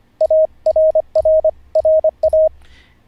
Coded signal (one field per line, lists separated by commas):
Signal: Morse code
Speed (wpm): 25 wpm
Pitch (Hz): 630 Hz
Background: none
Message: ARRRA